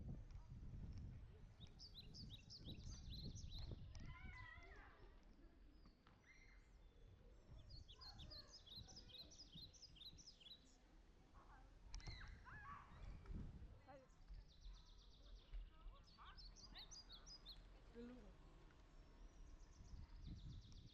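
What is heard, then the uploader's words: A bike ride along shared streets, with a steady low rumble of wheels and road noise throughout. Bright chirping bird calls come in bursts, around 2, 8–11 and 18 seconds, with scattered clicks and thumps and snatches of voices mixed in. Ride along Utrecht canal on shared streets. Bike ride on shared streets.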